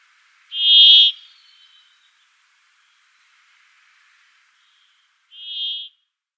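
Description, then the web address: Brambling song: a loud, harsh, nasal buzz near the start, then a quieter buzz of similar length several seconds later, with silence between. "Schulze Peter Brambling song"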